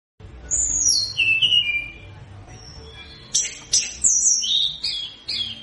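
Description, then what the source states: Flowerpecker song: thin, very high whistles sliding downward, then sharp clicking ticks and short high notes in quick, uneven bursts. Mountain-flowerpecker song in full, lively voice, played as a lure sound to draw answers from wild birds.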